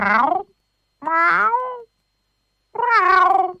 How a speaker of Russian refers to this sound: Кот снова несколько раз мяукнул. Это было самое обычное кошачье мяу.